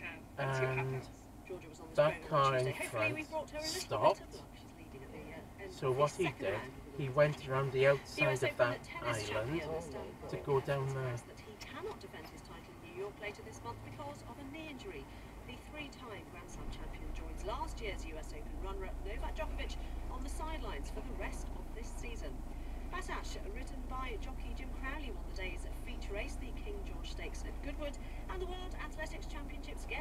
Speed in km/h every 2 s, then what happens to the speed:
0, 0, 0, 0, 0, 0, 0, 0, 0, 0, 0, 0, 0, 0, 0.
0-30 standing.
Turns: none.